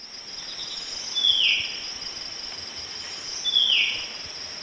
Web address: Natures Songs S America Eastern Lowlands Henicorhina leucosticta, song